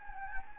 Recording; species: mosquito wingbeat signal from an infrared sensor; Anopheles gambiae